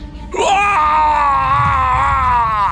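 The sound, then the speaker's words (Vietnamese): A man lets out one long, loud scream that rises sharply, then holds a strained, steady pitch for over two seconds before cutting off, with no other voices. “Ông Năm hét lên, co chân đạp vào mặt đứa con trai.”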